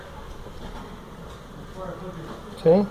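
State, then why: Not seated. A wiring connector part for a Volkswagen electrical connector is positioned and lined up straight with its connector housing before being pressed in, while someone talks over a low, steady background hum. A louder, brief voiced sound rises near the end at about 2.7 s, but the part has not been pressed in and nothing has clicked or seated yet.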